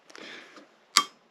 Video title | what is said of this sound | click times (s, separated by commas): craftsman torque screwdriver set in versastack case | you heard the click that's the click | 1.0 s